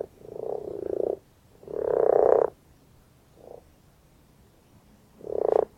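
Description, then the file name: Common frog calls: soft rattling purrs in separate short bursts with pauses between them, and one brief faint grunt among them. "Grenouille rousse"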